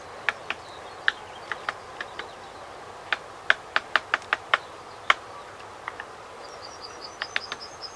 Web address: great spotted woodpecker